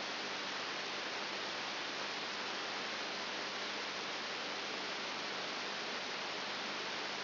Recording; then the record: brain microelectrode recording played as sound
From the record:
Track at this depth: outside the subthalamic nucleus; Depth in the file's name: 8.5 mm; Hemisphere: right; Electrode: 3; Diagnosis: Parkinson's disease